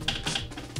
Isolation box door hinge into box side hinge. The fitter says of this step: and then we're just going to push these hinges in together until it clicks into place